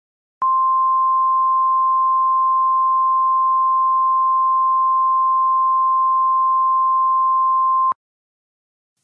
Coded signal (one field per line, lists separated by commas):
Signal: Emergency Alert System (SAME) tones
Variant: 1050 Hz attention tone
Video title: EAS Scenario #18 Pink Hurricane